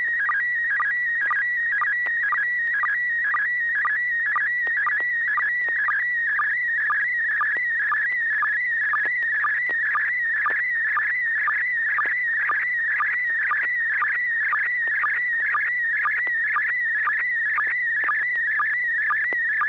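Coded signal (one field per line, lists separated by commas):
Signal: SSTV (slow-scan television)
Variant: PD120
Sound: continuous warbling tone around 2 kHz with a short low blip twice a second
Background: low hum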